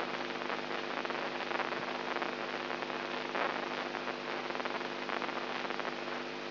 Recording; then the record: brain microelectrode recording played as sound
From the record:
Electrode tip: inside the subthalamic nucleus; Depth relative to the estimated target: -1 mm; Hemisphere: right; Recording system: AlphaMap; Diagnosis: Parkinson's disease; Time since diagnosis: 13 years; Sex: female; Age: 63 years